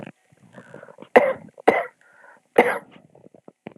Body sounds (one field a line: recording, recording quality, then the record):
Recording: shallow voluntary cough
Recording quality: excellent, no background noise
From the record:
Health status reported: exposed to COVID-19, no respiratory illness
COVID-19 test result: negative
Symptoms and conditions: fatigue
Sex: female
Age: 47 years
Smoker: yes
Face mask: not worn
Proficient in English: yes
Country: France